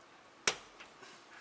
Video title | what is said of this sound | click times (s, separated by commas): 2003 Altima windshield washer pump replacement | okay you can hear that click | 0.5 s